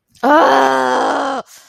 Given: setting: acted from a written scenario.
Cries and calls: vocal sound without words; anger

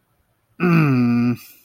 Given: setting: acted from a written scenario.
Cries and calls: vocal sound without words; contempt

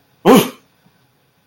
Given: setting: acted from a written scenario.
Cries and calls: vocal sound without words; pain

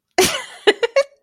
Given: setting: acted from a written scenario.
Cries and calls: vocal sound without words; amusement

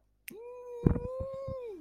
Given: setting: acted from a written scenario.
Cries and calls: vocal sound without words; elation

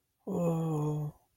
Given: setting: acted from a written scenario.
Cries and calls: vocal sound without words; ecstasy

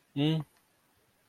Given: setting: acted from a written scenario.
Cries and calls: vocal sound without words; neutral

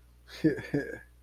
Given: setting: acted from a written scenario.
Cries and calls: vocal sound without words; embarrassment

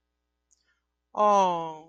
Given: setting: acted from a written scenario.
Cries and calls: vocal sound without words; adoration

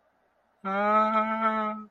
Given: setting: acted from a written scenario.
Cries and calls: vocal sound without words; fear

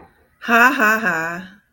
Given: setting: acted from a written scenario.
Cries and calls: vocal sound without words; amusement

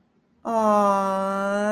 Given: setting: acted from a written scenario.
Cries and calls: vocal sound without words; adoration

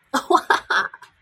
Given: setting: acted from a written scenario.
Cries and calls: vocal sound without words; triumph

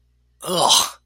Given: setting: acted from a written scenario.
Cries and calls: vocal sound without words; disgust

